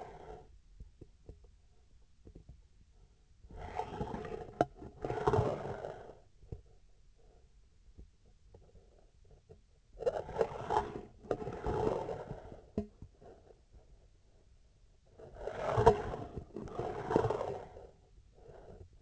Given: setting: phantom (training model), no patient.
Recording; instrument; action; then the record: laparoscopic instrument, vibration sensor on the handle end; scissors; approaching and retracting movements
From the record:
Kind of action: spatial motion